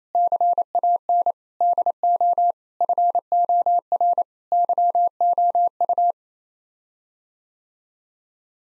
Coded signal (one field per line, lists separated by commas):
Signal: Morse code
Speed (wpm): 27 wpm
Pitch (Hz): 700 Hz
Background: none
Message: CAN DO FOR YOU